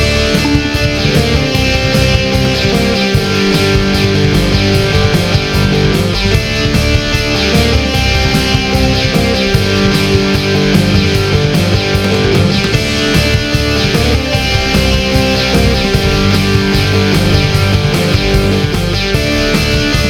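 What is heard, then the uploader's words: A motorway service station on a Friday afternoon, filled with steady, dense sound that holds a constant loudness throughout. Sustained tones and a busy low end run under a quick, regular pulse of short ticks, like music playing over the general hubbub. Today the Battle of Sedgemoor is getting to the Motorway service station on a Friday afternoon to escape the M5 for a few minutes.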